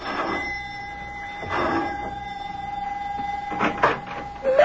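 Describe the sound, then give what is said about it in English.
A doorbell at a house is pressed and rings with a steady, sustained electric buzzing tone that holds for several seconds, broken by a few short rattling bursts and a brief rising squeak at the end. “Both of them are worried now as Mac presses the doorbell at his house in answer to the professor's elated phone call.”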